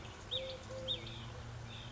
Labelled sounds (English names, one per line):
Eurasian Collared Dove